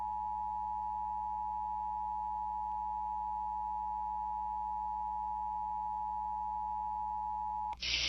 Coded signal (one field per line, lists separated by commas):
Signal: Emergency Alert System (SAME) tones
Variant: 853 and 960 Hz attention tone